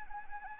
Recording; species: mosquito wingbeat signal from an infrared sensor; Anopheles arabiensis